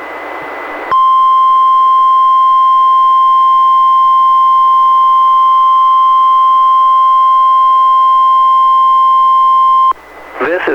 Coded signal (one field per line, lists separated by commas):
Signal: Emergency Alert System (SAME) tones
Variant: 1050 Hz attention tone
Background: speech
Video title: EAS #562-565: 1 NWR and 3 EAS Required Monthly Tests- Oct. 21, 2021- 10:21AM PDT